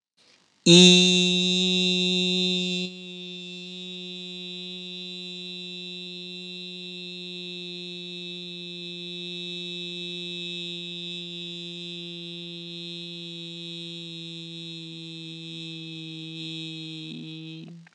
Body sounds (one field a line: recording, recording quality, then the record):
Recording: sustained vowel as in beet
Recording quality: excellent, no background noise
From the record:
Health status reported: healthy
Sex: male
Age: 28 years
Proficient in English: yes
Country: India